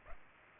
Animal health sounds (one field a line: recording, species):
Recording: mosquito wingbeat signal from an infrared sensor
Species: Culex pipiens